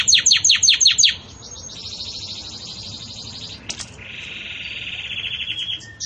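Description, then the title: Belgian canary song opening with several sharp repeated descending notes, then softer extended rolling trills at two pitch levels. Belgian canary singing the 'campainha' (bell) song style, for tutoring young chicks. "Belíssimo Canto Do Canário Belga Campainha Para Encarte De Filhotes"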